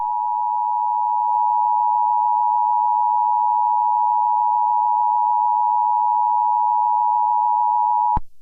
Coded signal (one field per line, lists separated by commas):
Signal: Emergency Alert System (SAME) tones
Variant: 853 and 960 Hz attention tone